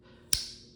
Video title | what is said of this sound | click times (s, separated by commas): Memorial Day EDC - May 26, 2025 | You could see that half stop. half stop and that pretty good snap. | 0.3 s